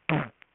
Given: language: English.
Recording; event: throat vibration sensor signal played as sound; throat clearing